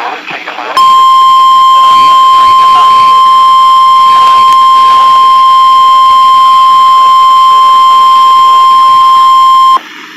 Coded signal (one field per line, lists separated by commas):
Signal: Emergency Alert System (SAME) tones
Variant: 1050 Hz attention tone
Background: speech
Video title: 4/12/19 EAS Tornado Warning Wisconsin Tornado drill NOAA Weather Radio on 4 stations and 4 radios